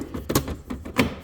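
A plastic storage compartment is pushed into a Cybertruck door pocket until its retaining clips snap into place. Sharp plastic snaps are heard at about 0.3 s and 1.0 s among softer knocks. The box ends up seated in the door pocket.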